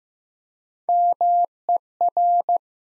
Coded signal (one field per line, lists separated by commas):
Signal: Morse code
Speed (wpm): 15 wpm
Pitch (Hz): 700 Hz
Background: none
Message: MER